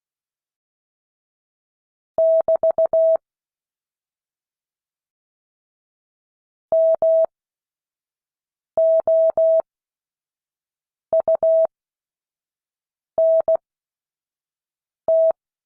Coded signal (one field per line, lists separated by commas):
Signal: Morse code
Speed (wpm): 16 wpm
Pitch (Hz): 650 Hz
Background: none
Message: <BT> MOUNT